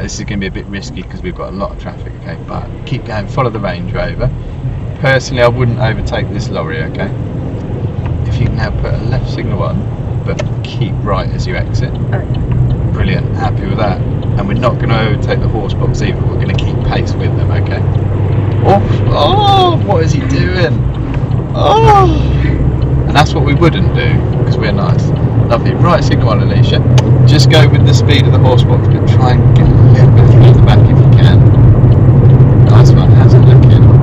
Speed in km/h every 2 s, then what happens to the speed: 3, 11, 18, 21, 24, 27, 35, 40, 44, 42, 44, 50, 56, 63, 63, 63, 63.
0-25 speeds up to 63. 25-34 steady at about 63.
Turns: none.